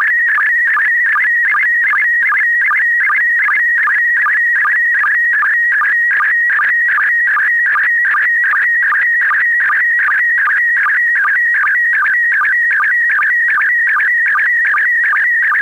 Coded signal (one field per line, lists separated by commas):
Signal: SSTV (slow-scan television)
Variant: PD 50